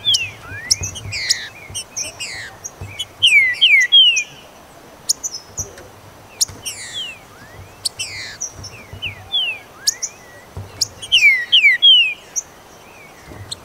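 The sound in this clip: Green-winged saltator song: bright downslurred whistled phrases in short bursts, with sharp high chirps and ticks throughout.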